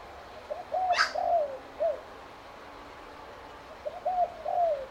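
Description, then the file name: Spotted dove cooing: two phrases of soft coos with a longer falling note, separated by a pause, and one brief sharp sound. "BIRD SPOTTED TURTLE DOVE CALL"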